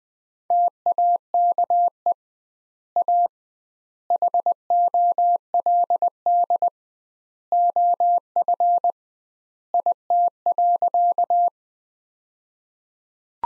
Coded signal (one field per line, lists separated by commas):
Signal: Morse code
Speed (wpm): 20 wpm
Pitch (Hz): 700 Hz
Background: none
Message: TAKE A HOLD OF IT.